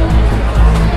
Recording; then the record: background sound without coughing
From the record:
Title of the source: Party Noise 1 Hour Party Ambience